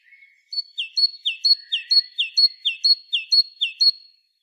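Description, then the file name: Great tit delivering a steady series of paired notes, high then descending, about seven repeats in quick regular rhythm, with a brief soft whistle before. "Parus major"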